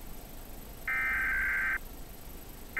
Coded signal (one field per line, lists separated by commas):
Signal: Emergency Alert System (SAME) tones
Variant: header bursts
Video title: Galaxy Gamer reacts to EAS alarms